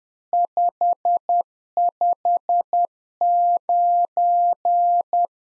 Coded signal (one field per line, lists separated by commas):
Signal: Morse code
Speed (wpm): 10 wpm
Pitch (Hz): 700 Hz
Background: none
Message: 559